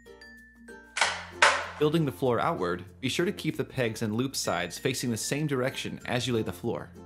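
A plastic modular dance floor tile, 12 in by 12 in and about 2 lb, has its pegs and loops lined up with a neighbouring tile and is stepped on to lock them together. Two sharp, loud snaps at 1.0 s and 1.4 s mark the tile seating into place over background music. Someone then talks for the rest of the clip.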